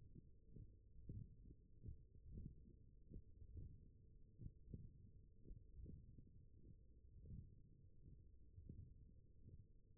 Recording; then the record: forearm muscle sounds (acoustic myography)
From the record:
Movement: hand closing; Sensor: system 1, eight BSWA MPA416 microphones around the upper forearm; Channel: 3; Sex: male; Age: 21 years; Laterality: right